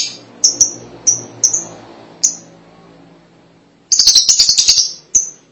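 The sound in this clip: Lovebird calls: a few spaced, sharp high chirps, a quiet gap, then a quick rattling run of squeaky notes ending in one chirp.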